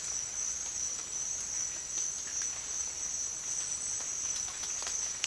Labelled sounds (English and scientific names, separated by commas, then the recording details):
none
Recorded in dense forest near Puerto Asís, Putumayo, Colombia, on 27 June 2025 at 09:00
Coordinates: 0.468, -76.322
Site GP03